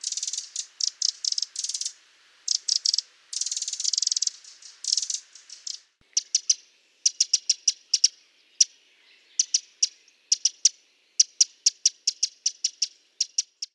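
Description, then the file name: Eurasian wren calls: dry, scratchy ticking notes in quick clusters, then a series of separate sharp clicks. "Troglodyte"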